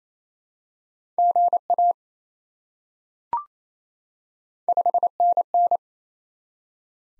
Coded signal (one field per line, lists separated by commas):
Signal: Morse code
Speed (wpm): 28 wpm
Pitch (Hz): 700 Hz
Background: none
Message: GA 5NN